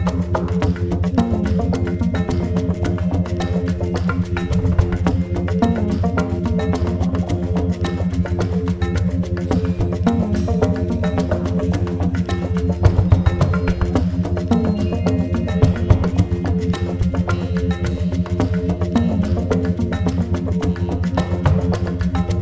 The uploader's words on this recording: The track uses a personal favorite field recording "Frogsong at Miner's Marsh" with the operatic crooning of green frogs recorded in the Annapolis Valley, Nova Scotia.